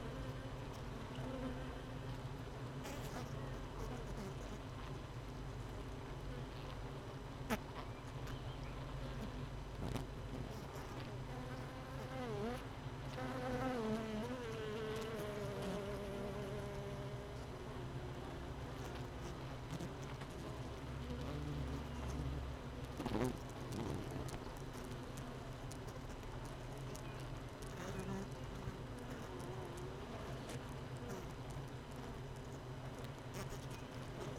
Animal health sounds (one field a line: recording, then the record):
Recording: honeybee colony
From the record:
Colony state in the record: missing queen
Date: 31 May 2018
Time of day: 17:20